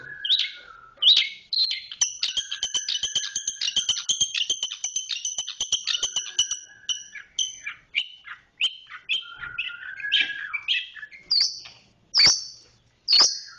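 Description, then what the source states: Oriental magpie-robin song, a varied run of bright whistles and rapid chattering notes, shifting phrases with short pauses near the end. Kacer chirping.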